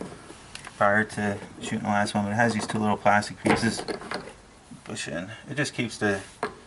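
A small plastic retention clip is handled at an A/C refrigerant spring-lock line coupling, where it keeps the tube from blowing off. Someone talks throughout, with faint brief ticks near the start. The clip has not seated or clicked yet.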